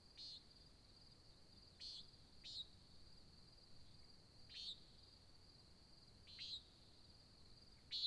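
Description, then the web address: Nighthawk calls: six brief buzzy peents at uneven intervals, a constant shrill insect hum running underneath throughout. Nighthawk competition, Oregon desert, USA, at dawn, July 2017. "Discover Oregon - American Desert Birds Nighthawk 2017 Sutton July Dawn Nighthawk Competition"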